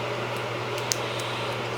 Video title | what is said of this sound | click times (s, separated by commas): Nineo Gen 2 LED install on Ski-Doo Backcountry XRS | it and it clicks in place | 0.9 s